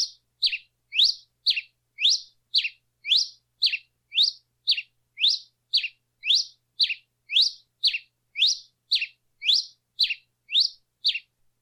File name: Canto da Cravina